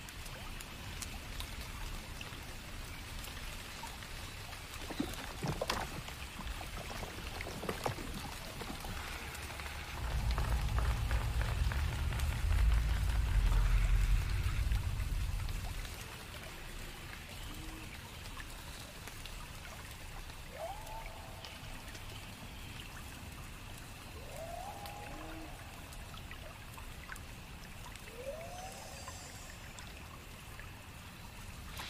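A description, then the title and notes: Forest pond sounds: a soft, steady patter like light dripping runs throughout, with a few sharp taps near five to eight seconds. A deep rumbling swell rises around ten seconds and fades by sixteen. Later, short rising chirps, like frog calls, come every few seconds. Celestial night in mystic forest asmr ambience | enchanted forest pond sounds NO MUSIC. Calming water sound (flowing/dipping/swirling).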